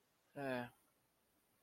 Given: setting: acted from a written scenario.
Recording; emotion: vocal sound without words; guilt